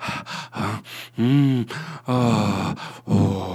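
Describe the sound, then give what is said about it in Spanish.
Heavy, rhythmic panting heard over a telephone line: about seven breathy gasps in a row, several turning into drawn-out voiced groans, fairly loud with short pauses between them. “Descolgué el teléfono y escuché un jadeo venéreo al otro lado de la línea.”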